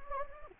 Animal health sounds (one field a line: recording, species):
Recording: mosquito wingbeat signal from an infrared sensor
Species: Anopheles gambiae